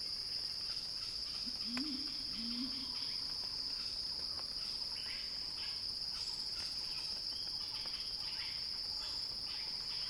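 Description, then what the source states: Cicada song, a constant high shrill drone, with a low two-part call early on and scattered faint ticks. Cicada song building in a crescendo.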